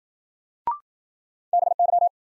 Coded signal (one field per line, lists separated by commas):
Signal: Morse code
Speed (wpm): 53 wpm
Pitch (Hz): 700 Hz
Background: none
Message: BY